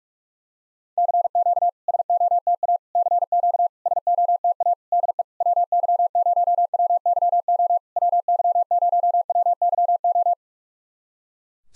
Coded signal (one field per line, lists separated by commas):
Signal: Morse code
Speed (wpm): 48 wpm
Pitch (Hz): 700 Hz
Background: none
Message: CQ SOTA CQ SOTA DE WY0WYO WY0WYO